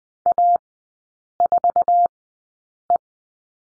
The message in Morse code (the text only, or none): A4E